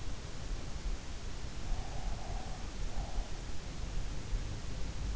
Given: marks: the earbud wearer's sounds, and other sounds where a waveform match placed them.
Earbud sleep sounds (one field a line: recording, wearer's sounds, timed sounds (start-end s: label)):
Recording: sounds in sleep by an in-ear microphone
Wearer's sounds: breath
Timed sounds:
1.29-3.75 s: breath